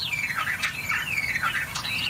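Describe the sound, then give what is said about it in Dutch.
A songbird imitates a car alarm with a continuous series of loud, shrill whistled sweeps that slide down and back up again in a wavering, siren-like pattern, with no talking. “Maar hij doet op een gegeven moment ook een autoalarm na. Oh, dit is het autoalarm.”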